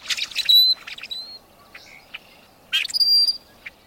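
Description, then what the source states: Rusty Blackbird creaky song: squeaky, hinge-like phrases with thin high whistles, two phrases separated by a few soft chips. Creaky, complex little song, said to sound like a door hinge that needs some grease.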